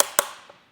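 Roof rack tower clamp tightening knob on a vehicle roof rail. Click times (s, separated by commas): 0.2 s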